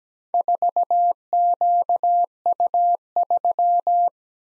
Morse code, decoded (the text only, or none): 4QU3